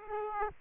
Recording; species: mosquito wingbeat signal from an infrared sensor; Aedes aegypti